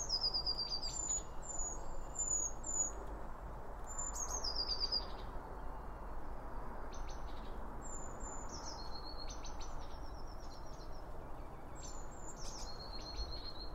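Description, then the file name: Small birds chirping and twittering in a busy chorus of high, thin notes, with short clicking bursts scattered throughout over a steady low rumble. Birds around a bird feeder, recorded with two Line Audio OM1 microphones. "Birds Around Birdfeeding With Two Om 1 From Line Audio"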